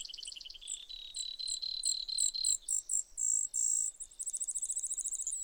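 Brewer's sparrow song: a long series of high trills at changing pitches, ending in a rapid, very high trill.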